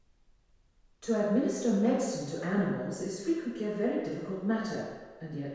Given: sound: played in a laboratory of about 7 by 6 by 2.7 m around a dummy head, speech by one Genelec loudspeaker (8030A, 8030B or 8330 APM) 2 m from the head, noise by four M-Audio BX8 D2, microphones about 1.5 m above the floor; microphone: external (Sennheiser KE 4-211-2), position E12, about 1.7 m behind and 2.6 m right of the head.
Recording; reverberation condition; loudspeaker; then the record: female speech in English; high; 60 degrees to the left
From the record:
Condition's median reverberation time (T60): about 1300 ms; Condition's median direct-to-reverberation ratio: about -4.0 dB